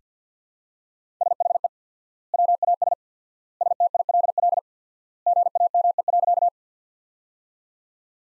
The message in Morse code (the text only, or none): SHE WAS STILL GAME.